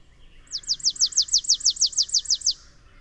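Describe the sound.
Bird song: a clear, even trill of many high whistled notes, each slurring downward, repeated in quick succession for two seconds.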